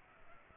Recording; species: mosquito wingbeat signal from an infrared sensor; Culex pipiens